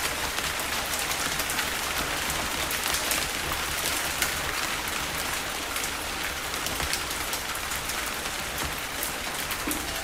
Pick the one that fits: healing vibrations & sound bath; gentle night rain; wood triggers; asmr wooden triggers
gentle night rain